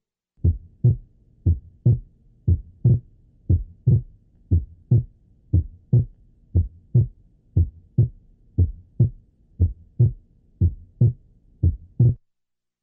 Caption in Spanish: Un desdoblamiento del segundo ruido durante la expiración y un ruido único durante la inspiración.